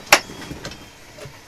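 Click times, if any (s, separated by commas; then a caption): 0.1 s. The swivel mount of a small TV that doubles as a DVD player is locked on a camper wall to hold it in place for travel. A sharp, loud click at 0.1 s marks the lock seating, followed by a softer knock around 0.7 s, and the mount is locked in place.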